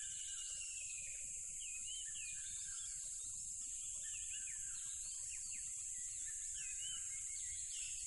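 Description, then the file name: Crickets keep up an unbroken shrill, high trill while birds add frequent quick chirps and upslurred whistles over faint low rumbling. Loud crickets beside a tropical river. "smartsound ATMO NATURE Tropical River Loud Crickets"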